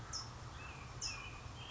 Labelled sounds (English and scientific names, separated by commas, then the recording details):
California Towhee (Melozone crissalis)
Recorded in Sonoma County, California